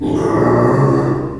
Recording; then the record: squeal of a Yucatan mini pig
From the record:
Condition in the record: before surgery on the right vocal fold (resection and tissue-engineered implant); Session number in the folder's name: 1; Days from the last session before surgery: -3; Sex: male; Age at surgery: 12 weeks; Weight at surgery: 13 kg